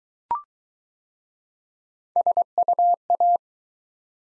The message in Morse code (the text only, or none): SUA